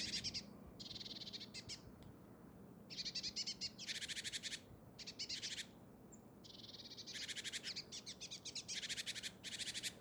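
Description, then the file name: Great tit harsh churring calls in buzzy rattling runs, separated by short pauses. "Parus major"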